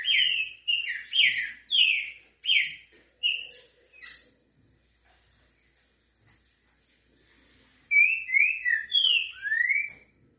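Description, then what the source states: Green-winged Saltator song: a run of loud, slurred whistled phrases sliding up and down, then a silent gap of several seconds before a fresh burst of rich whistles. Song style called 'canto grego mole com boi'; voice number 08.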